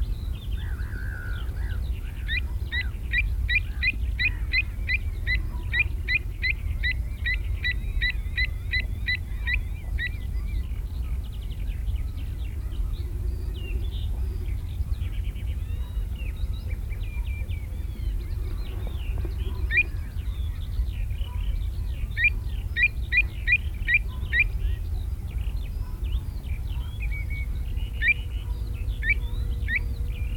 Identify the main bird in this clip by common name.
Pied Avocet